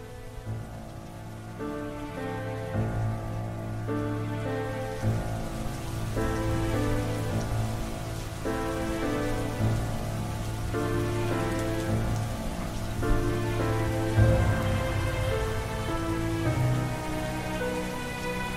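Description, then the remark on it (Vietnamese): Heavy rain pours down in a steady, dense hiss for the whole stretch, with sustained low tones humming underneath and no one speaking. “Ngày hôm ấy trời bất chợt đổ mưa như sự tiếc thương cho một sinh linh nhỏ bé đã phải lìa đời.”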